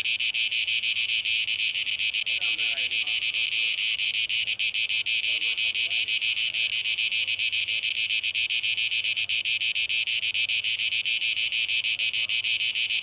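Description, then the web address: Cicadas in a continuous hissing buzz with rapid pulsing. Cicadas recorded 12 August 2023. "2023-08-12 Zikaden"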